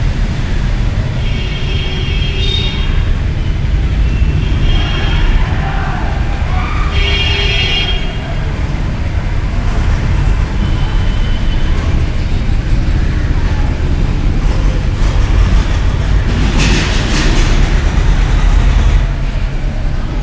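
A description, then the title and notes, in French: Heavy traffic rumbles steadily and densely from a nearby intersection, heard from inside a temple. Short, bright, tonal sounds, likely horns, cut through around the second and seventh-to-eighth seconds, and a louder passing vehicle swells near the seventeenth second. Dans un temple. Près d'une intersection & d'une mosquée. Saundatti.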